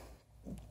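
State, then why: Not seated. A Ganzo G753-CF folding knife blade is flicked open one-handed. Low handling noise and a soft rustle around 0.5 s lead to a brief sharp tick near 0.7 s. The blade has not locked open into place yet.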